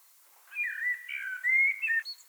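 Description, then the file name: Common blackbird song, a brief phrase of soft, liquid, fluted whistles that rise slightly, with a faint high note at the finish. "Turdus merula"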